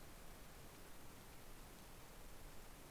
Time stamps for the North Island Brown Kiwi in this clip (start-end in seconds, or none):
none